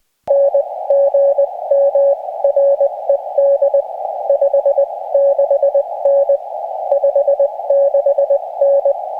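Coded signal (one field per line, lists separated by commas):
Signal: Morse code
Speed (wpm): 20 wpm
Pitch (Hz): 560 Hz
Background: none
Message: NG MRED 56N 56N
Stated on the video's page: Summits on the Air winter activation on a snowy Arizona summit.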